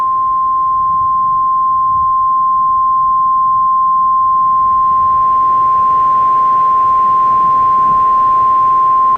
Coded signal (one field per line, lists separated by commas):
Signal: Emergency Alert System (SAME) tones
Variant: 1050 Hz attention tone